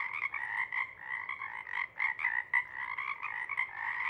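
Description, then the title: Pacific chorus frogs in continuous chorus, rapid overlapping croaks rising and falling in intensity. Chorus at a pond in pre-morning twilight as night wanes; temperature torpor sets in and individuals leave to hunt; full chorus breaks into waves circling the pond, then staccato sections tapering away. "Chorus Frogs, Chorus Waxes and Wanes, pre-morning-twilight"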